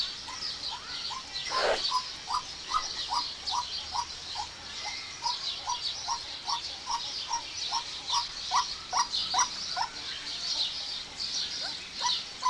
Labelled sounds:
Eurasian Teal (Anas crecca) call
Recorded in captivity
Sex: male
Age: adult
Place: Zoo Berlin, Berlin, DE
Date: 1991-06-03 10:24
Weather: cloudy, 12-15 °C
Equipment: Marantz, Sennheiser ME 80, Kopie Tesla B 116
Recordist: Tembrock, Günter

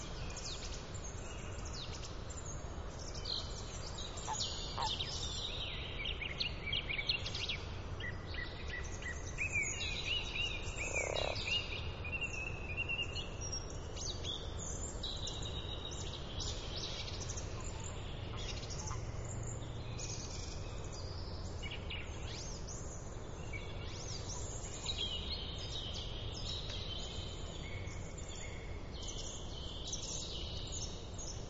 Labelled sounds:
Common Frog (Rana temporaria) call
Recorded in the wild
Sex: male
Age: adult
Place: Brunow, Gamengrund, Brandenburg, DE
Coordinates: 52.7264, 13.8958
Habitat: lake
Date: 1995-04-22 20:45
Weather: Wasser: 11°C, Luft: 11°C, heiter
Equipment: Sony TCD-D3, Sennheiser ME 80, K 30 AV, Stativ und Windkorb
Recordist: Frommolt, Karl-Heinz

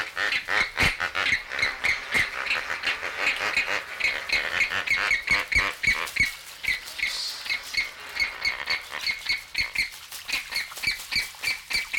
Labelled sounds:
Andean Flamingo (Phoenicoparrus andinus)
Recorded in captivity
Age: adult
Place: Zoo Berlin, Berlin, DE
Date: 1994-01-08 11:52
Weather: wolkig bis sonnig, 6 °C
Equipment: Marantz CP 430, Sennheiser MKH 416 T, Kopie Uher Variocord 263
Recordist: Tembrock, Günter

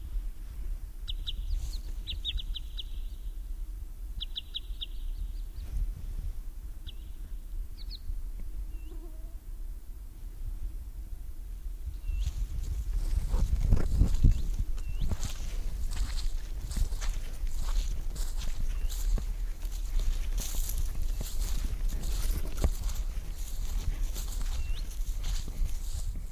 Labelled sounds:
Wood Sandpiper (Tringa glareola) call
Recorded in the wild
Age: adult
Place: Halbinsel Kindo, Karelien, RU
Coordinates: 66.5433, 33.0997
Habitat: bog
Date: 1990-07-07 22:07
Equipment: Uher 4000 Report Monitor, Sennheiser MKH 416 T
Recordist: Frommolt, Karl-Heinz

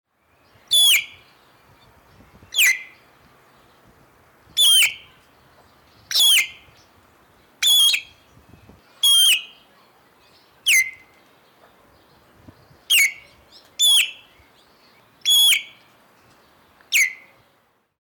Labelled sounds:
White-crested Laughingthrush (Garrulax leucolophus)
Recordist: Tembrock, Günter
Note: Einzelrufe

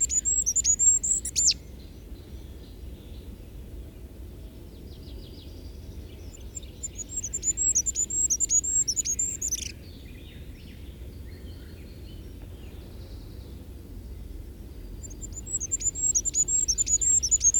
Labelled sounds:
Goldcrest (Regulus regulus) song
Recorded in the wild
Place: Ventschow, Mecklenburg-Vorpommern, DE
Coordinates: 53.786, 11.576
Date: 1972-06-14
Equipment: Nagra III BH, Sennheiser MD 21, parabola
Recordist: Schubert, Michael

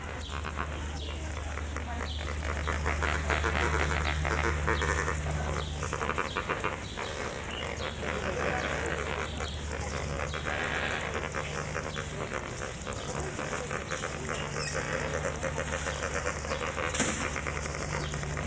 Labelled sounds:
Lesser Flamingo (Phoeniconaias minor) call
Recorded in captivity
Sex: group
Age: adult
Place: Zoo Berlin, Berlin, DE
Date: 2008-08-18
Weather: bedeckt, ca. 22°C
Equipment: Sony WM-D6C, Sennheiser ME 80, Kopie Uher 4000 Report Monitor
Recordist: Tembrock, Günter

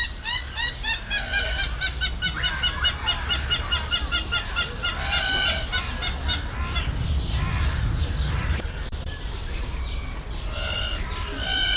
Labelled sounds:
Common Hill Myna (Gracula religiosa)
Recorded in captivity
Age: adult
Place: Zoo Berlin, Berlin, DE
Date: 1993-02-20 14:26
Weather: 3 °C, heiter bis wolkig, böiger Wind
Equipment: Marantz CP 430, Sennheiser ME 80, Kopie Uher Variocord 263
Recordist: Tembrock, Günter

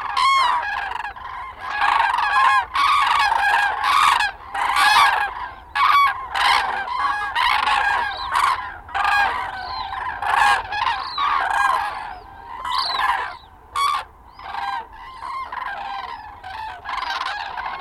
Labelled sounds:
Common Crane (Grus grus) call
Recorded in the wild
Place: Freesen, Insel Rügen, Mecklenburg-Vorpommern, DE
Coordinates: 54.497, 13.237
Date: 1969-10-05 18:12
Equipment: Nagra III BH, Sennheiser MD 21, parabola
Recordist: Schubert, Michael

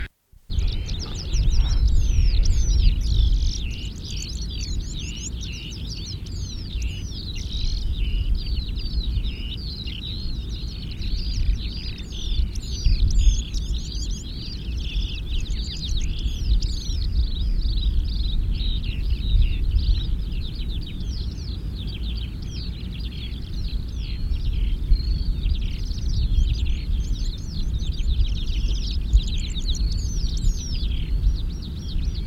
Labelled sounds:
Red-throated Pipit (Anthus cervinus) song
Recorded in the wild
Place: Istria, Dobrogea, RO
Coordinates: 44.57, 28.713
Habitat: coast
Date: 1973-05-08
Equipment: Nagra III BH, Sennheiser MD 21, parabola
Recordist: Schubert, Michael

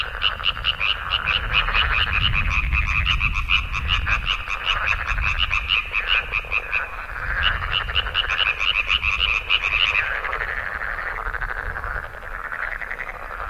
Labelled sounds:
Common Tree Frog (Hyla arborea) call
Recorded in the wild
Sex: male
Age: adult
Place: Kützerhof, Kummerower See, Mecklenburg-Vorpommern, DE
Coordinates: 53.85, 12.86
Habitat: wetland
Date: 2010-04-29
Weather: 10°C, weak winds
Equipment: Sound Devices 702, Sennheiser MKH 70, Rycote Windschutz
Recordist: Frommolt, Karl-Heinz

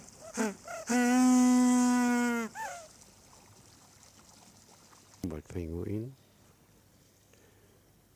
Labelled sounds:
Humboldt Penguin (Spheniscus humboldti) call
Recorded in captivity
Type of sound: call sequence
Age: adult
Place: Zoo Halle, Sachsen-Anhalt, DE
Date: 2004-12-14 14:52
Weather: sonnig, 2°C
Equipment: Sony WM-D6C, Sennheiser ME 80, Kopie Uher 4000 Report Monitor
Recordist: Tembrock, Günter
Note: Blindes Tier, daher nicht bei den Artgenossen: Rufreihe (Entfernung 15 cm)

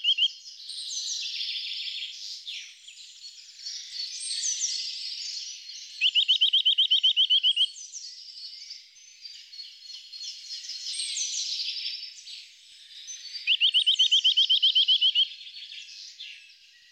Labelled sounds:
Eurasian Nuthatch (Sitta europaea) song
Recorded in the wild
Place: Gottenheim / Freiburg im Breisgau, Baden-Württemberg, DE
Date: 1997-03-30
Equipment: Dat-Recorder Casio DA 7, Telinga DAT, Telinga-Parabolspiegel
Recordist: Schwarz, Dieter

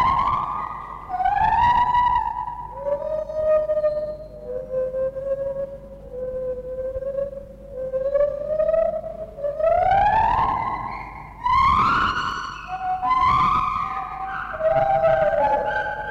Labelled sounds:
Lar Gibbon (Hylobates lar)
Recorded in captivity
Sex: pair
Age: adult
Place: Zoo Berlin, Berlin, DE
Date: 1960-11-05 12:00
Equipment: Minifon, Kopie Smaragd
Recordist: Tembrock, Günter
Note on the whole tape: Paar: Rufreihen nach Fütterung, sie beginnt (dunklere Crescendo-Reihe; zweistrophig) er fällt ein (hellere zweisilbige Laute, auch Triller). Sie zwischen den Rufreihen dunkle klangvolle Einzellaute. Abstand 6 - 9 m

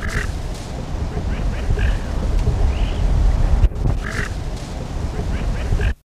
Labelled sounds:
White-backed Duck (Thalassornis leuconotus) call
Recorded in the wild
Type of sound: call
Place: Namibia
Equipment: Halbspur, 9,5 cm/s
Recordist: Lütgens, Hans
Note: Rufe

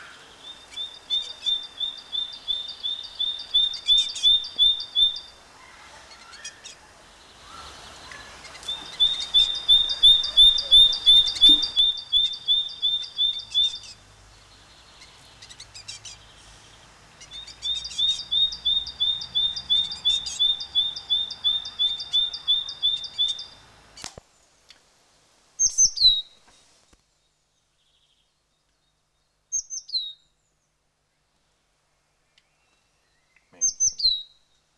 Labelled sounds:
Great Tit (Parus major) song
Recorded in the wild
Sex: pair
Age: adult
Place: Kaiserslautern, Rheinland-Pfalz, DE
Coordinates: 49.4372, 7.80972
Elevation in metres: 310
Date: 1985-04-07
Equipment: Uher 4000 Report
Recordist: Tretzel, Erwin

